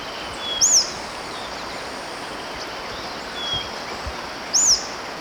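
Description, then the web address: White-fronted Tyrannulet giving two bright, high up-and-down notes about four seconds apart, with fainter thin notes between and soft background hiss. Ecuador. "Natures Songs S America Birds of Ecuador 3 White-Fronted Tyrannulet"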